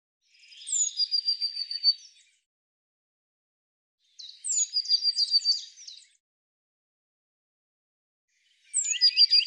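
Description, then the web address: Eurasian blue tit giving three bursts, each a sharp high note dropping into a rapid ringing trill, spaced a few seconds apart, the last cut off at the end. "cianscape birddata Deverinetal 2025 File cleaned normalized Bird Cy Ca"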